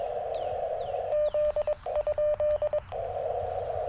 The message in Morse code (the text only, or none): Z?